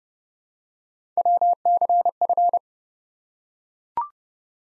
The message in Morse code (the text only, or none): WCF